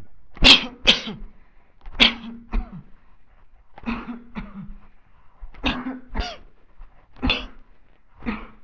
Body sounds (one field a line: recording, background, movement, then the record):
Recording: voluntary coughing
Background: quiet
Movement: walking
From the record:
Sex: male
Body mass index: 20.6 kg/m2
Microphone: on the chest, facing the body